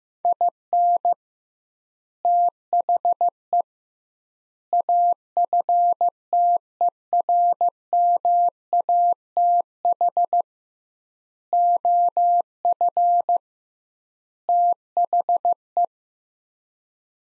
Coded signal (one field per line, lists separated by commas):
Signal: Morse code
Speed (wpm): 15 wpm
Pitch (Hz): 700 Hz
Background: none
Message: IN THE AFTERMATH OF THE